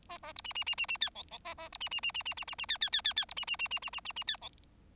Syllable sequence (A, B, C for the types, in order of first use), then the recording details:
A A B C C C C C D E E A A B C C C C C C C C D D D D D B C C C C C C C C D E. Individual Bird4